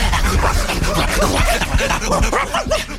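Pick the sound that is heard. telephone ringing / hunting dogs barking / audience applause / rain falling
hunting dogs barking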